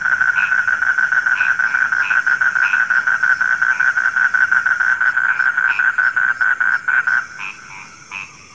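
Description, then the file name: Frog calling in quick pulsed croaks, a little over two per second, with some higher squeaky notes mixed in, then the calling grows quieter near the end. Heard at night. "suara kodok di malam hari"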